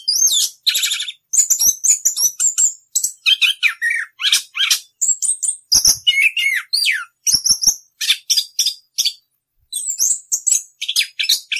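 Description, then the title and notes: Orange-headed thrush delivering long, varied bursts of high twittering, whistled slurs and rattling notes, pausing briefly near the end. Anis kembang singing in the ngerol (continuous rolling) song style; masteran tutor song. "Anis Kembang 9. suara anis kembang ngerol. Masteran Anis Kembang"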